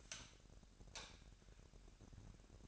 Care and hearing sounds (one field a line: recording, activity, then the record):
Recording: daily activity, microphone in the room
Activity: light off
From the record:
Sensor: 2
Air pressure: 1011.8 hPa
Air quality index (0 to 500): 214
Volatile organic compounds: 3 ppm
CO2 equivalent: 1506 ppm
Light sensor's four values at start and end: 16/43/18/18 and 11/26/11/11